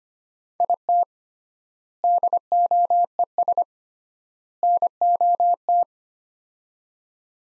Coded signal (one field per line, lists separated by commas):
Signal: Morse code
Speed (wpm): 25 wpm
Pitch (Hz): 700 Hz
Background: none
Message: IT DOES NOT